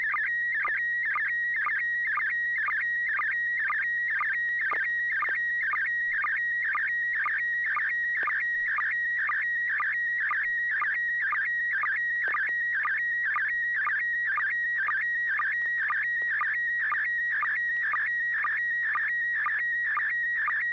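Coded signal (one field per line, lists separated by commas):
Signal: SSTV (slow-scan television)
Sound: steady whistling tone broken twice a second by warbling chirps and short low blips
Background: low hum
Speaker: Yeah, I have a photo. Um, it's good to hear you, uh, Chris. I think you're, uh, George's, uh, son, so it's good to hear you on the net. Um, welcome. So, this is going to be, uh,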